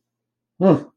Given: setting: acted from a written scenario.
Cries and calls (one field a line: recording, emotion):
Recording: vocal sound without words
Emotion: neutral